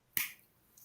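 The blade of a steel slip-joint Barlow pocket knife snaps shut into its handle against the backspring, giving one sharp click at 0.2 s. A much fainter, softer sound follows at about 0.8 s. The blade seats home with a crisp, perfect action.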